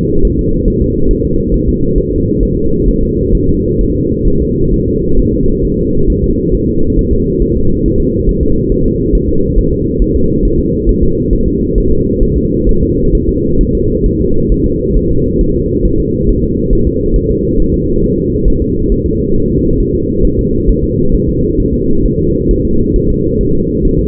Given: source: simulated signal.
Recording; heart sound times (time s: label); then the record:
fetal heart sounds
0.25 s: S1
0.39 s: S2
0.68 s: S1
0.82 s: S2
1.11 s: S1
1.25 s: S2
1.54 s: S1
1.68 s: S2
1.98 s: S1
2.12 s: S2
2.43 s: S1
2.57 s: S2
2.89 s: S1
3.03 s: S2
3.35 s: S1
3.49 s: S2
3.81 s: S1
3.95 s: S2
4.28 s: S1
4.42 s: S2
4.74 s: S1
4.88 s: S2
5.19 s: S1
5.34 s: S2
5.65 s: S1
5.79 s: S2
6.10 s: S1
6.24 s: S2
6.54 s: S1
6.69 s: S2
6.99 s: S1
7.13 s: S2
7.42 s: S1
7.57 s: S2
7.86 s: S1
8.00 s: S2
8.29 s: S1
8.43 s: S2
8.72 s: S1
8.86 s: S2
9.15 s: S1
9.29 s: S2
9.58 s: S1
9.73 s: S2
10.02 s: S1
10.16 s: S2
10.45 s: S1
10.60 s: S2
10.89 s: S1
11.03 s: S2
11.33 s: S1
11.47 s: S2
11.78 s: S1
11.92 s: S2
12.23 s: S1
12.37 s: S2
12.69 s: S1
12.83 s: S2
13.15 s: S1
13.29 s: S2
13.61 s: S1
13.75 s: S2
14.06 s: S1
14.21 s: S2
14.52 s: S1
14.66 s: S2
14.97 s: S1
15.11 s: S2
15.41 s: S1
15.55 s: S2
15.85 s: S1
16.00 s: S2
16.29 s: S1
16.43 s: S2
16.73 s: S1
16.87 s: S2
17.16 s: S1
17.30 s: S2
17.60 s: S1
17.74 s: S2
18.04 s: S1
18.18 s: S2
18.48 s: S1
18.62 s: S2
18.92 s: S1
19.06 s: S2
19.36 s: S1
19.50 s: S2
19.80 s: S1
19.95 s: S2
20.25 s: S1
20.39 s: S2
20.69 s: S1
20.83 s: S2
21.14 s: S1
21.29 s: S2
21.60 s: S1
21.74 s: S2
22.06 s: S1
22.20 s: S2
22.51 s: S1
22.65 s: S2
22.96 s: S1
23.10 s: S2
23.41 s: S1
23.55 s: S2
23.85 s: S1
23.99 s: S2
From the record:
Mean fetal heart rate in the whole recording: 135 bpm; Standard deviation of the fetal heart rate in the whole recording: 3 bpm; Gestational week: 36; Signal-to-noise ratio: -16.4 dB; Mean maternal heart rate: 72 bpm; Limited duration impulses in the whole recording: present